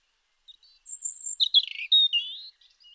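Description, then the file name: European robin, a short song phrase of thin high notes that swoop down into a brief scratchy warble and end with a sliding whistle. "Erithacus rubecula"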